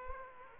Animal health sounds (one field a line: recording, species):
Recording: mosquito wingbeat signal from an infrared sensor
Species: Aedes aegypti